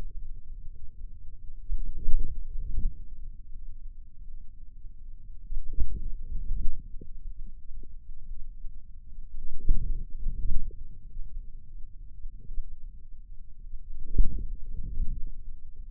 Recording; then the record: forearm muscle sounds (acoustic myography)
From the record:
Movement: inward rotation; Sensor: system 2, bracelet of six BSWA MPA416 microphones around the upper forearm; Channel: 1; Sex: male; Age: 22 years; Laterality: right